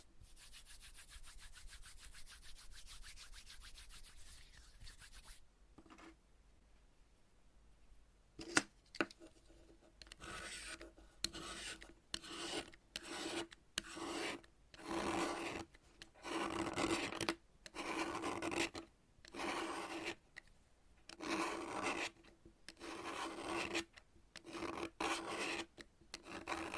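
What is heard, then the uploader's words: Dry scraping of chalk being cut, starting as a soft continuous rasp, then repeated bright strokes with short silent gaps between them. Chalk Cutting. No Talking.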